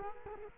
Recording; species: mosquito wingbeat signal from an infrared sensor; Culex quinquefasciatus